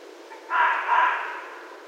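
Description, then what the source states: Red fox giving a single harsh, hoarse two-part bark lasting about a second, with a faint hiss in the background. Recorded 16 January 2012.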